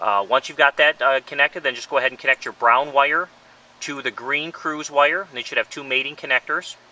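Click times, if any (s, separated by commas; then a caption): none. Someone talks while handling a cruise control kit wire connector, getting the added brown wire ready to plug into the mating connector on the green Cruze wire of a 2011 Chevy Cruze. Nothing has clicked or seated yet.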